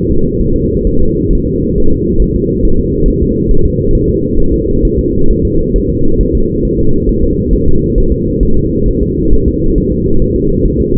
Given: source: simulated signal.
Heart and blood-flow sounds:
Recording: fetal heart sounds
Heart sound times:
0.11 s: S2
0.41 s: S1
0.56 s: S2
0.87 s: S1
1.02 s: S2
1.33 s: S1
1.47 s: S2
1.78 s: S1
1.92 s: S2
2.22 s: S1
2.36 s: S2
2.65 s: S1
2.80 s: S2
3.08 s: S1
3.22 s: S2
3.51 s: S1
3.66 s: S2
3.95 s: S1
4.09 s: S2
4.40 s: S1
4.54 s: S2
4.85 s: S1
4.99 s: S2
5.31 s: S1
5.45 s: S2
5.76 s: S1
5.90 s: S2
6.21 s: S1
6.35 s: S2
6.65 s: S1
6.79 s: S2
7.09 s: S1
7.24 s: S2
7.53 s: S1
7.68 s: S2
7.98 s: S1
8.12 s: S2
8.43 s: S1
8.57 s: S2
8.88 s: S1
9.03 s: S2
9.33 s: S1
9.48 s: S2
9.78 s: S1
9.92 s: S2
10.22 s: S1
10.36 s: S2
10.65 s: S1
10.80 s: S2
From the record:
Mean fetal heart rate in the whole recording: 135 bpm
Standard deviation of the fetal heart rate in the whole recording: 3 bpm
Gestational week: 36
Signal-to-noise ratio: -19.1 dB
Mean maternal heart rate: 72 bpm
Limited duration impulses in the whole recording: present

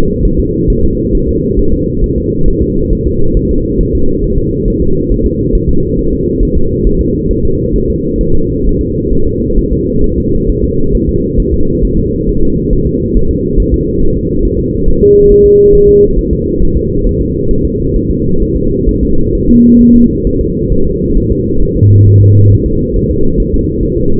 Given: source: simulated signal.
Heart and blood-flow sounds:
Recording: fetal heart sounds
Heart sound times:
0.25 s: S1
0.40 s: S2
0.70 s: S1
0.84 s: S2
1.15 s: S1
1.29 s: S2
1.59 s: S1
1.74 s: S2
2.04 s: S1
2.18 s: S2
2.48 s: S1
2.62 s: S2
2.93 s: S1
3.07 s: S2
3.37 s: S1
3.51 s: S2
3.81 s: S1
3.95 s: S2
4.24 s: S1
4.38 s: S2
4.68 s: S1
4.82 s: S2
5.12 s: S1
5.26 s: S2
5.55 s: S1
5.69 s: S2
5.99 s: S1
6.13 s: S2
6.43 s: S1
6.57 s: S2
6.87 s: S1
7.01 s: S2
7.31 s: S1
7.45 s: S2
7.76 s: S1
7.90 s: S2
8.21 s: S1
8.35 s: S2
8.67 s: S1
8.81 s: S2
9.13 s: S1
9.27 s: S2
9.58 s: S1
9.73 s: S2
10.04 s: S1
10.18 s: S2
10.50 s: S1
10.64 s: S2
10.95 s: S1
11.09 s: S2
11.40 s: S1
11.54 s: S2
11.85 s: S1
11.99 s: S2
12.29 s: S1
12.43 s: S2
12.73 s: S1
12.87 s: S2
13.17 s: S1
13.31 s: S2
13.60 s: S1
13.74 s: S2
14.03 s: S1
14.17 s: S2
14.45 s: S1
14.59 s: S2
14.88 s: S1
15.03 s: S2
15.32 s: S1
15.46 s: S2
15.75 s: S1
15.89 s: S2
16.19 s: S1
16.33 s: S2
16.62 s: S1
16.77 s: S2
17.06 s: S1
17.21 s: S2
17.51 s: S1
17.65 s: S2
17.96 s: S1
18.10 s: S2
18.42 s: S1
18.56 s: S2
18.89 s: S1
19.03 s: S2
19.35 s: S1
19.49 s: S2
19.81 s: S1
19.96 s: S2
20.27 s: S1
20.41 s: S2
20.72 s: S1
20.87 s: S2
21.18 s: S1
21.32 s: S2
21.62 s: S1
21.77 s: S2
22.07 s: S1
22.22 s: S2
22.52 s: S1
22.66 s: S2
22.96 s: S1
23.10 s: S2
23.40 s: S1
23.54 s: S2
23.83 s: S1
23.97 s: S2
From the record:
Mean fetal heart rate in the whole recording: 135 bpm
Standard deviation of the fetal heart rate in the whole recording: 3 bpm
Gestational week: 36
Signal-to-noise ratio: -17.7 dB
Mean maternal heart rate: 72 bpm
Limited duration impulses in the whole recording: present

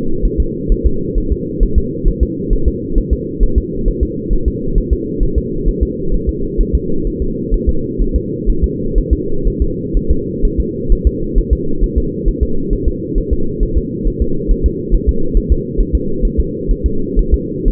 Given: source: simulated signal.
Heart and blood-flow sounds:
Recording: fetal heart sounds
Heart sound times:
0.25 s: S1
0.40 s: S2
0.72 s: S1
0.87 s: S2
1.18 s: S1
1.33 s: S2
1.63 s: S1
1.78 s: S2
2.08 s: S1
2.23 s: S2
2.53 s: S1
2.68 s: S2
2.98 s: S1
3.13 s: S2
3.43 s: S1
3.58 s: S2
3.88 s: S1
4.03 s: S2
4.33 s: S1
4.48 s: S2
4.78 s: S1
4.93 s: S2
5.23 s: S1
5.38 s: S2
5.68 s: S1
5.83 s: S2
6.14 s: S1
6.29 s: S2
6.61 s: S1
6.75 s: S2
7.07 s: S1
7.22 s: S2
7.54 s: S1
7.69 s: S2
8.02 s: S1
8.16 s: S2
8.50 s: S1
8.64 s: S2
8.98 s: S1
9.13 s: S2
9.48 s: S1
9.62 s: S2
9.97 s: S1
10.11 s: S2
10.45 s: S1
10.60 s: S2
10.92 s: S1
11.07 s: S2
11.38 s: S1
11.53 s: S2
11.84 s: S1
11.98 s: S2
12.28 s: S1
12.43 s: S2
12.73 s: S1
12.88 s: S2
13.18 s: S1
13.33 s: S2
13.63 s: S1
13.78 s: S2
14.08 s: S1
14.22 s: S2
14.51 s: S1
14.66 s: S2
14.94 s: S1
15.09 s: S2
15.37 s: S1
15.52 s: S2
15.81 s: S1
15.95 s: S2
16.25 s: S1
16.40 s: S2
16.71 s: S1
16.86 s: S2
17.19 s: S1
17.34 s: S2
17.68 s: S1
From the record:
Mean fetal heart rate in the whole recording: 130 bpm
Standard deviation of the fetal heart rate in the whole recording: 4 bpm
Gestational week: 38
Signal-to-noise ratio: -8.1 dB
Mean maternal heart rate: 72 bpm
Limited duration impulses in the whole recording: absent

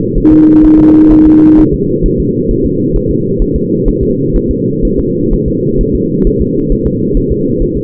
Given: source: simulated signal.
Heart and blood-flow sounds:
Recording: fetal heart sounds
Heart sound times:
0.18 s: S1
0.32 s: S2
0.65 s: S1
0.79 s: S2
1.12 s: S1
1.27 s: S2
1.59 s: S1
1.74 s: S2
2.06 s: S1
2.20 s: S2
2.51 s: S1
2.66 s: S2
2.96 s: S1
3.11 s: S2
3.42 s: S1
3.56 s: S2
3.88 s: S1
4.03 s: S2
4.36 s: S1
4.51 s: S2
4.85 s: S1
4.99 s: S2
5.33 s: S1
5.48 s: S2
5.81 s: S1
5.95 s: S2
6.27 s: S1
6.42 s: S2
6.72 s: S1
6.87 s: S2
7.17 s: S1
7.32 s: S2
7.62 s: S1
7.77 s: S2
From the record:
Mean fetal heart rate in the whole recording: 130 bpm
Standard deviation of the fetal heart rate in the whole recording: 4 bpm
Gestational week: 38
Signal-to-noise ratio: -11.2 dB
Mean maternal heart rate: 72 bpm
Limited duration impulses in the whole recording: present

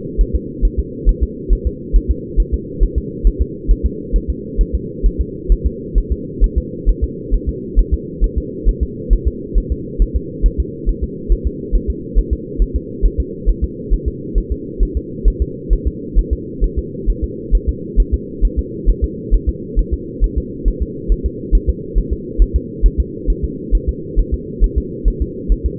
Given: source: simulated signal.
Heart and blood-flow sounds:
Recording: fetal heart sounds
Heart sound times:
0.21 s: S1
0.36 s: S2
0.65 s: S1
0.79 s: S2
1.09 s: S1
1.23 s: S2
1.53 s: S1
1.67 s: S2
1.96 s: S1
2.11 s: S2
2.40 s: S1
2.54 s: S2
2.84 s: S1
2.98 s: S2
3.27 s: S1
3.42 s: S2
3.71 s: S1
3.86 s: S2
4.16 s: S1
4.30 s: S2
4.61 s: S1
4.75 s: S2
5.06 s: S1
5.21 s: S2
5.52 s: S1
5.66 s: S2
5.98 s: S1
6.12 s: S2
6.44 s: S1
6.58 s: S2
6.89 s: S1
7.04 s: S2
7.34 s: S1
7.49 s: S2
7.79 s: S1
7.94 s: S2
8.24 s: S1
8.38 s: S2
8.69 s: S1
8.83 s: S2
9.13 s: S1
9.27 s: S2
9.58 s: S1
9.72 s: S2
10.02 s: S1
10.16 s: S2
10.46 s: S1
10.60 s: S2
10.89 s: S1
11.04 s: S2
11.32 s: S1
11.47 s: S2
11.75 s: S1
11.90 s: S2
12.19 s: S1
12.33 s: S2
12.62 s: S1
12.76 s: S2
13.05 s: S1
13.20 s: S2
13.49 s: S1
13.64 s: S2
13.94 s: S1
14.08 s: S2
14.38 s: S1
14.52 s: S2
14.83 s: S1
14.97 s: S2
15.28 s: S1
15.42 s: S2
15.73 s: S1
15.87 s: S2
16.19 s: S1
16.33 s: S2
16.64 s: S1
16.79 s: S2
17.10 s: S1
17.24 s: S2
17.55 s: S1
17.69 s: S2
18.00 s: S1
18.14 s: S2
18.45 s: S1
18.59 s: S2
18.90 s: S1
19.04 s: S2
19.34 s: S1
19.49 s: S2
19.79 s: S1
19.94 s: S2
20.24 s: S1
20.38 s: S2
20.68 s: S1
20.82 s: S2
21.12 s: S1
21.26 s: S2
21.55 s: S1
21.70 s: S2
21.98 s: S1
22.13 s: S2
22.42 s: S1
22.56 s: S2
22.86 s: S1
23.00 s: S2
23.30 s: S1
23.44 s: S2
23.75 s: S1
23.89 s: S2
24.20 s: S1
24.34 s: S2
24.64 s: S1
24.78 s: S2
25.08 s: S1
25.22 s: S2
25.52 s: S1
25.66 s: S2
From the record:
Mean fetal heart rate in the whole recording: 135 bpm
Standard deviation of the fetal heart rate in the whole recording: 3 bpm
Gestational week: 36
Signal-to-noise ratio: -4.1 dB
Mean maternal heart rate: no maternal heart sound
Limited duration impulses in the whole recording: absent

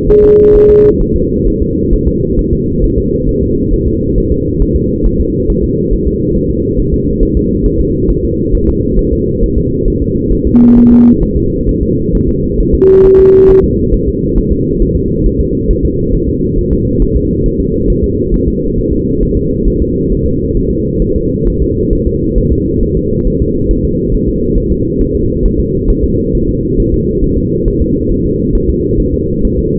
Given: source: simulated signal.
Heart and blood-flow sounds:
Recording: fetal heart sounds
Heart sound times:
0.10 s: S1
0.24 s: S2
0.55 s: S1
0.70 s: S2
1.02 s: S1
1.16 s: S2
1.48 s: S1
1.62 s: S2
1.93 s: S1
2.08 s: S2
2.39 s: S1
2.53 s: S2
2.84 s: S1
2.98 s: S2
3.29 s: S1
3.43 s: S2
3.73 s: S1
3.88 s: S2
4.18 s: S1
4.32 s: S2
4.62 s: S1
4.77 s: S2
5.06 s: S1
5.20 s: S2
5.50 s: S1
5.64 s: S2
5.93 s: S1
6.08 s: S2
6.37 s: S1
6.51 s: S2
6.80 s: S1
6.94 s: S2
7.23 s: S1
7.37 s: S2
7.66 s: S1
7.81 s: S2
8.10 s: S1
8.25 s: S2
8.55 s: S1
8.69 s: S2
8.99 s: S1
9.13 s: S2
9.43 s: S1
9.58 s: S2
9.88 s: S1
10.02 s: S2
10.33 s: S1
10.47 s: S2
10.78 s: S1
10.92 s: S2
11.23 s: S1
11.37 s: S2
11.69 s: S1
11.83 s: S2
12.15 s: S1
12.29 s: S2
12.61 s: S1
12.75 s: S2
13.06 s: S1
13.20 s: S2
13.50 s: S1
13.64 s: S2
13.94 s: S1
14.09 s: S2
14.38 s: S1
14.52 s: S2
14.82 s: S1
14.97 s: S2
15.26 s: S1
15.41 s: S2
15.70 s: S1
15.85 s: S2
16.15 s: S1
16.29 s: S2
16.58 s: S1
16.73 s: S2
17.02 s: S1
17.16 s: S2
17.46 s: S1
17.60 s: S2
17.90 s: S1
18.04 s: S2
18.34 s: S1
18.48 s: S2
18.79 s: S1
18.93 s: S2
19.23 s: S1
19.37 s: S2
19.68 s: S1
19.82 s: S2
20.12 s: S1
20.26 s: S2
20.57 s: S1
20.71 s: S2
21.02 s: S1
21.16 s: S2
21.48 s: S1
21.62 s: S2
21.93 s: S1
22.07 s: S2
22.38 s: S1
22.53 s: S2
22.83 s: S1
22.97 s: S2
23.27 s: S1
23.42 s: S2
23.71 s: S1
23.85 s: S2
24.14 s: S1
24.28 s: S2
24.58 s: S1
24.72 s: S2
25.01 s: S1
25.16 s: S2
25.45 s: S1
25.60 s: S2
25.90 s: S1
26.04 s: S2
26.35 s: S1
26.49 s: S2
26.80 s: S1
26.94 s: S2
27.24 s: S1
27.38 s: S2
27.68 s: S1
27.82 s: S2
28.12 s: S1
28.26 s: S2
28.55 s: S1
28.70 s: S2
29.00 s: S1
29.14 s: S2
29.45 s: S1
29.59 s: S2
From the record:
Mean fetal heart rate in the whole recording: 135 bpm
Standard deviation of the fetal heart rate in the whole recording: 3 bpm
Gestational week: 36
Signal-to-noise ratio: -14.7 dB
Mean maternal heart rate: 72 bpm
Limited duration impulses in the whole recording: present

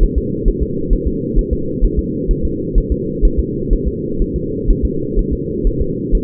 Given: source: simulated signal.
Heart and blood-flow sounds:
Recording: fetal heart sounds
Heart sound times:
0.03 s: S1
0.18 s: S2
0.48 s: S1
0.62 s: S2
0.93 s: S1
1.07 s: S2
1.39 s: S1
1.53 s: S2
1.84 s: S1
1.99 s: S2
2.31 s: S1
2.45 s: S2
2.78 s: S1
2.92 s: S2
3.25 s: S1
3.40 s: S2
3.73 s: S1
3.88 s: S2
4.22 s: S1
4.36 s: S2
4.70 s: S1
4.85 s: S2
5.19 s: S1
5.33 s: S2
5.67 s: S1
5.81 s: S2
6.15 s: S1
From the record:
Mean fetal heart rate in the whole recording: 130 bpm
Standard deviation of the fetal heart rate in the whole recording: 4 bpm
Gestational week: 38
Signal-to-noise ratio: -6.6 dB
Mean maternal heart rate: 72 bpm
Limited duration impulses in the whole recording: present

